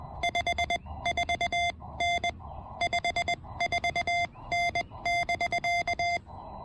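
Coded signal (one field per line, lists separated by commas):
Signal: Morse code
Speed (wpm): 21 wpm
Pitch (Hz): 690 Hz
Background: none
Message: 54N 54N <BK>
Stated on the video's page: QRP Parks on the Air activation using a TEN-TEC R4020.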